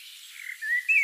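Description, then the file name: Common blackbird giving a thin whistled note that rises, then a brief higher whistle that levels off. "Turdus merula"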